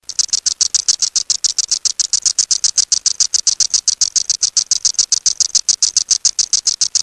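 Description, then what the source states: Cassin's periodical cicada song: steady, rapid, high dry ticking at an even pace from start to finish, with no other sounds. Brood III.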